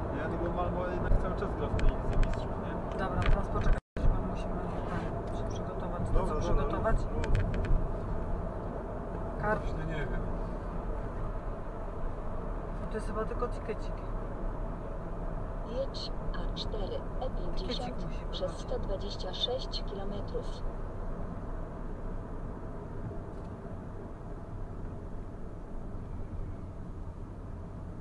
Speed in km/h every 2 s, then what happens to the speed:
90, 84, 75, 72, 69, 66, 64, 62, 59, 57, 52, 45, 38, 32.
0-28 slows to 32.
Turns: none.